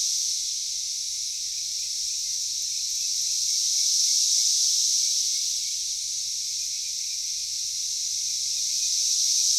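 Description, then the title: Cicadas in a steady, loud buzzing chorus, a continuous high hiss that swells and fades gently without pause throughout. Cicadas in a backyard in Knoxville, Tennessee, USA. "Knoxville, TN 37920, USA - Backyard Cicadas"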